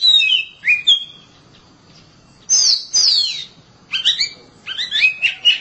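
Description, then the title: Oriental magpie-robin song: loud whistled phrases of sliding and sweeping notes separated by short pauses, then quick bursts of chirpy notes. "Suara Kicauan Burung Kacer"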